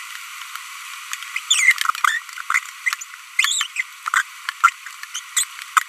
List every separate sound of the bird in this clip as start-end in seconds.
1.51-1.72, 2.50-2.59, 3.39-3.66, 3.76-3.81, 4.14-4.22, 4.64-4.69, 5.15-5.19, 5.37-5.44